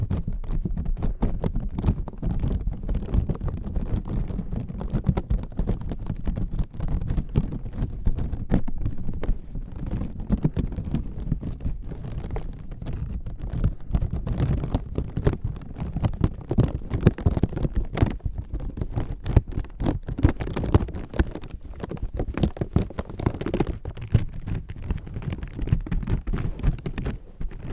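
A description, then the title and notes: Crinkling runs without a break for the whole half minute, a dense stream of small crackles and ticks. The sound sits mostly low and soft, with sharper bright snaps scattered throughout and slightly busier bursts in the second half. ASMR Slow & Gentle Crinkle Triggers. (No Talking).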